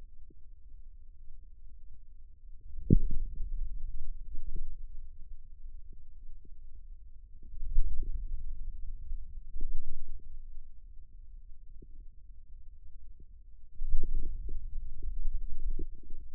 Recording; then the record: forearm muscle sounds (acoustic myography)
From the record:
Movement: radial deviation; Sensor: system 2, bracelet of six BSWA MPA416 microphones around the upper forearm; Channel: 1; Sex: male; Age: 22 years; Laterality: right